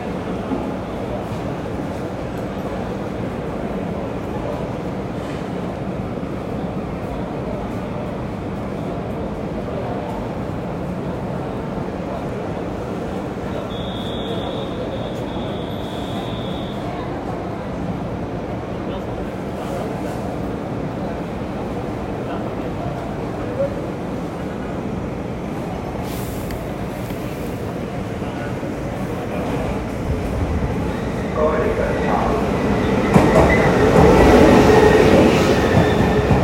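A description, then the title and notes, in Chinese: A train at a station: a steady, dense low rumble of running carriages fills the whole recording, with faint voices mixed in. A brief high beep sounds around the fourteenth second, and near the end the noise grows louder and brighter with rattling clatter. 台南火車站與台鐵之上。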